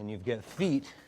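A front-load washer is handled over an opened Samsung laundry pedestal, its foot being guided toward a pedestal bracket hole, while someone talks throughout. No foot has seated or clicked into the bracket hole yet.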